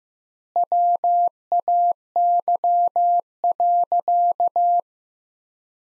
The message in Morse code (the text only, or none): WAY.